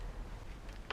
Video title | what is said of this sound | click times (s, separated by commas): [Airsoft review] M249 MKII A&K ( PJ249 MKII ) | hop à la fin faut forcer pour venir réactiver le ressort et hop on entend un clic | 0.9 s